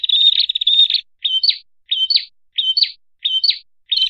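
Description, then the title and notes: Bird song: a rapid, buzzy trill of about a second, then five short, high chirped phrases repeated at roughly two-thirds of a second. Masteran training recording, played to teach songbirds their song. "MASTERAN BURUNG. suarane manok"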